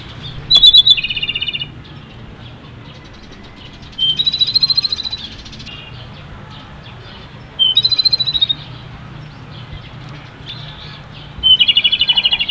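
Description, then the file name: Japanese robin song: four phrases, each a thin high whistled note opening into a fast, rattling trill, repeated roughly every three and a half seconds over a low steady hum. "komadori"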